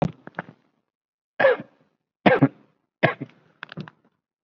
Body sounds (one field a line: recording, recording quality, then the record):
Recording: shallow voluntary cough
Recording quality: excellent, no background noise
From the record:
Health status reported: COVID-19 positive, mild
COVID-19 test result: positive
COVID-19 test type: RT-PCR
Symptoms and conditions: fever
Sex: male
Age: 34 years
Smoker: no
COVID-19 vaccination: one dose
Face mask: not worn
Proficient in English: no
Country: India